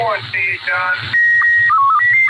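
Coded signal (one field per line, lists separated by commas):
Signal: SSTV (slow-scan television)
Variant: Scottie 1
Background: speech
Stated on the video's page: Signals from a ham radio class session, part 2.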